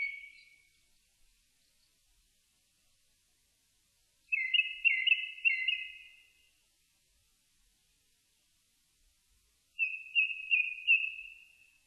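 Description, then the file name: Japanese thrush song: a phrase fading at the start, then two rich whistled phrases of rapid fluting notes separated by about three seconds of silence. Recorded on 4 May 2001. "010504 kurotugumi"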